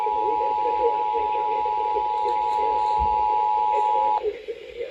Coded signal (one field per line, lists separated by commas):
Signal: Emergency Alert System (SAME) tones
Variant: 853 and 960 Hz attention tone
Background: speech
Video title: Early Summer Madness | EAS Alerts from 6/14/2026 (EAS #256-290)